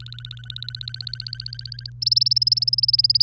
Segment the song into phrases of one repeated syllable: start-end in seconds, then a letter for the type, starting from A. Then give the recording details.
0.00-1.90 A, 2.02-3.22 B. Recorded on 1 May 2018 at 06:47. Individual llb3